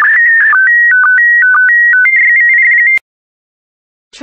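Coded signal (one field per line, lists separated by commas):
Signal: SSTV (slow-scan television)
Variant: PD120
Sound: three seconds of clean electronic tones hopping between pitches with short low blips, then silence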